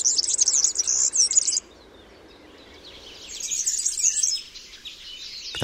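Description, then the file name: European serin singing a fast, tinkling, high-pitched jangle in a burst of about a second and a half, then a quieter second burst after a pause. "Kulczyk"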